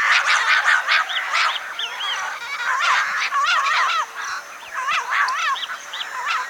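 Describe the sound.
Bird calls in a noisy flock, rapid chirps and zigzag warbled notes tumbling over one another almost without pause.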